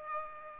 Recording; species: mosquito wingbeat signal from an infrared sensor; Aedes aegypti